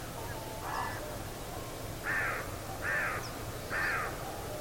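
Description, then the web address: Bird uttering four hoarse, crow-like caws, the first softer and the rest spaced about a second apart, with a low hum underneath. "Deverinetal 2025 File origin Bird Only"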